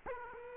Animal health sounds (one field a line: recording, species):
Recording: mosquito wingbeat signal from an infrared sensor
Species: Aedes aegypti